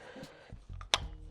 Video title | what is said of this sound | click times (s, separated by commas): In Depth Cleaning of Volquartsen ENV Pistol | Go ahead and put it in and then twist till it clicks or whatever your torque wrench of choice does. | 0.9 s